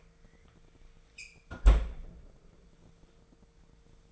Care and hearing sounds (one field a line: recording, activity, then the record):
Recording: daily activity, microphone in the room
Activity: close fridge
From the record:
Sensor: 5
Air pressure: 1015.0 hPa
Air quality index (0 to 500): 186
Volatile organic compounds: 7 ppm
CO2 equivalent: 2040 ppm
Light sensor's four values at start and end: 92/214/93/104 and 84/195/85/94